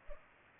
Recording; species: mosquito wingbeat signal from an infrared sensor; Culex pipiens